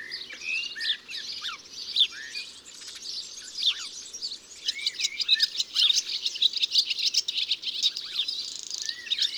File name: Serin cini ABC des chants doiseaux